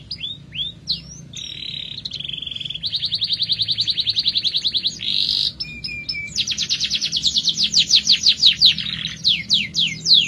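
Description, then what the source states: Canary singing fast trills and buzzy rolls, opening with a few sweeping notes, then a steady high trill and a series of rapid pulsed phrases. Therapy recording for a canary that has stopped singing; F1 canary.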